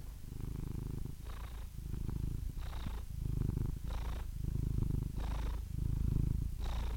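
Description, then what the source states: Domestic cat purring in a low rhythmic rumble, broken by soft high squeaky notes at regular intervals. Meows of domestic cats from kittens to old cats, ranging from delicate, barely audible squeaks to full-throated meows.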